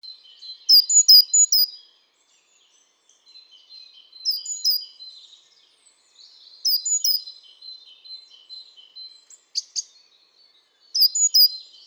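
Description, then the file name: Great tit calls in a few short bursts of sharp high notes, over a faint continuous high-pitched whine. "Parus major"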